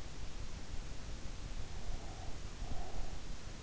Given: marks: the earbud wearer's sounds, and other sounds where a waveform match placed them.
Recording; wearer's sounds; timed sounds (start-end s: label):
sounds in sleep by an in-ear microphone; breath
1.81-3.56 s: breath